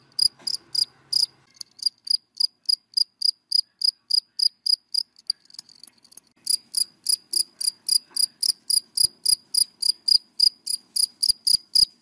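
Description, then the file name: Cricket giving rapid high chirps at a steady pace, a softer stretch in the middle before the pulses return strongly. Crickets calling, given by the Vietnamese names dế mèn, dế cơm and dế than. "Tieng de men de com de than keu"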